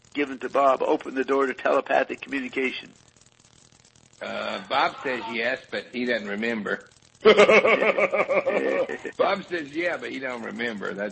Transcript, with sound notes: given to Bob open the door to telepathic communication?
Bob says yes, but he doesn’t remember. [laughs] Bob says yeah, but he don’t remember.